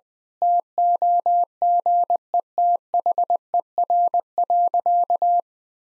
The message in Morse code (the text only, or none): TOGETHER.